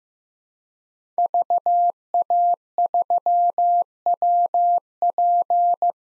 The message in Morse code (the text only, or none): VA3WP